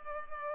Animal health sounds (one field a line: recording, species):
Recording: mosquito wingbeat signal from an infrared sensor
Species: Culex pipiens